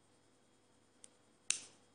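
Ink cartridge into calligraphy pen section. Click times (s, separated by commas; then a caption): 1.5 s. An ink cartridge is pushed onto the piercing spike inside a calligraphy pen section. A faint tick at 1.0 s is followed by a sharp, bright click at 1.5 s with a short decaying tail. The cartridge is pierced and seats properly, and it no longer comes out.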